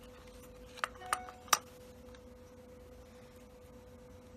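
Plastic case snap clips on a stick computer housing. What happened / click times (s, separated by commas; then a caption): Plastic case snap clips popped open / 0.8 s, 1.1 s, 1.5 s. Snap clips on the plastic case of a Lenovo Ideacentre 300 stick computer are pried apart with a screwdriver, popping open with three sharp clicks at 0.8, 1.1 and 1.5 seconds over a steady background hum. The shell comes apart, released from the clips that held it together.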